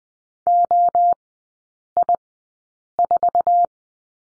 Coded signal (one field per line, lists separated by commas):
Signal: Morse code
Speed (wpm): 20 wpm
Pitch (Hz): 700 Hz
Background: none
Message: OI4